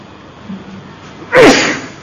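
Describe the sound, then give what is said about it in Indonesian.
A single loud, sharp sneeze bursts out after a moment of near quiet, a quick breathy explosion with a short falling vocal tone, then trailing off. “Ya hadikumullah.”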